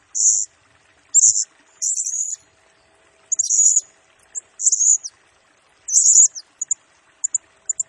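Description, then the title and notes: Blue-crowned hanging parrot with shrill high squeaks in short separate bursts, ending in quick tiny ticks. Used as a lure and for training, provoking other birds; the singing bird is in full voice (gacor) and fires rapid bursts (nembak). "Burung Serindit Nembak Gacor Bikin Emosi Semua Burung. Suara Nasteran Dan Pemikat Burung Serinditan Gacor"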